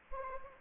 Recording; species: mosquito wingbeat signal from an infrared sensor; Anopheles gambiae